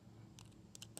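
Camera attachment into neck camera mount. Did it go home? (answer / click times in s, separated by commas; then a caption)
no / none. A plastic camera attachment is handled as it is fitted toward a neck camera mount, with faint, short plastic ticks near 0.4, 0.75, 0.8 and 1.0 seconds over a steady low hum. The attachment has not snapped into the mount yet, and nothing has seated or clicked.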